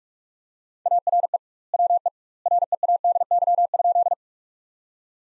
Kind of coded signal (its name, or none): Morse code